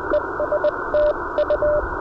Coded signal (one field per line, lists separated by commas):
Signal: Morse code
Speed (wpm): 19 wpm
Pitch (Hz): 590 Hz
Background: radio noise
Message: ES TU